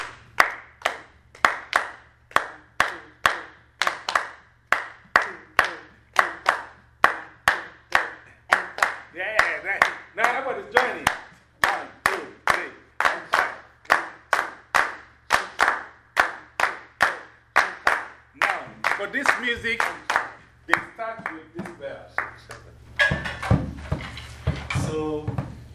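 Hands clap a steady, repeated counted rhythm of "1, 2, 3, and 5", sharp claps in quick groups with brief pauses between, continuing throughout with a louder burst of clapping near the end.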